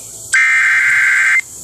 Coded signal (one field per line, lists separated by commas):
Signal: Emergency Alert System (SAME) tones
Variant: header bursts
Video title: EAS #83 Special Marine Warning on KALT-FM